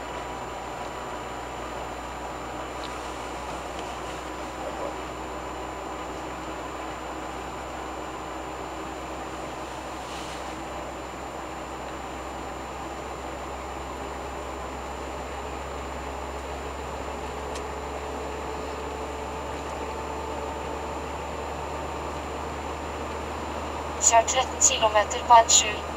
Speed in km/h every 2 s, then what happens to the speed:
43, 44, 44, 45, 45, 46, 46, 47, 49, 50, 51, 52, 53.
0-26 speeds up to 53.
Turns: none.